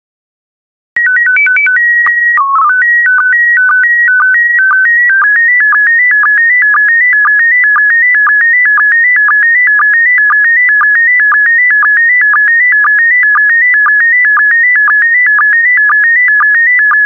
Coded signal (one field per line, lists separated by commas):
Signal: SSTV (slow-scan television)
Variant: PD 120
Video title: 60093 Skiing in Switzerland SSTV PD120